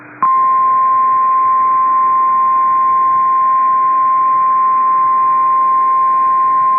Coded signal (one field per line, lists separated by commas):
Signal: Emergency Alert System (SAME) tones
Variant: 1050 Hz attention tone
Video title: Severe Thunderstorm Warning #3 - 08/11/23 (EAS #2,841)